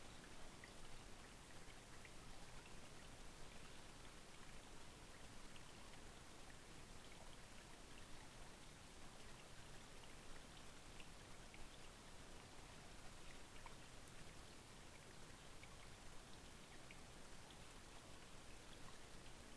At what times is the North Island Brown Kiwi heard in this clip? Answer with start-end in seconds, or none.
none